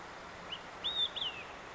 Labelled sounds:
Olive-sided Flycatcher (Contopus cooperi)

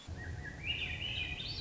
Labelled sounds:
Swainson's Thrush (Catharus ustulatus)

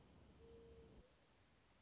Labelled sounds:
Mourning Dove (Zenaida macroura)

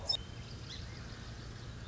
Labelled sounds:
Song Sparrow (Melospiza melodia)

